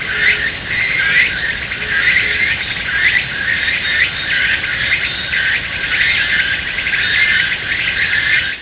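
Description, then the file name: Meimuna opalifera cicada singing loud buzzy, rasping phrases repeated about once a second in a steady pulsing rhythm, with no other clear sounds. "tukutukubousi"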